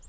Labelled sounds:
Colima Warbler flight call

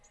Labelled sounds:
Lucy's Warbler flight call

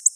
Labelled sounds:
Black-throated Blue Warbler flight call

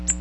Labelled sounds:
Magnolia Warbler flight call

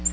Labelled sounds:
Nashville Warbler flight call

